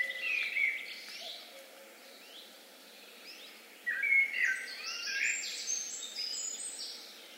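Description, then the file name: Common blackbird giving a low fluted warble, then after a pause a second richer phrase trailing into thin, high twittering notes, with a steady hiss in the background. "Turdus merula"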